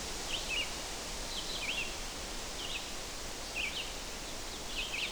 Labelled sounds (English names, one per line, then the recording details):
Red-eyed Vireo song
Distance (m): 45 m
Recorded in boreal forest in Alberta, Canada, on 12 June 2016 at 05:45
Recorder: SongMeter 3, array SBT-3-18
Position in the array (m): 238 m, 100 m